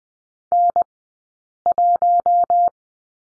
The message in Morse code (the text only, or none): N1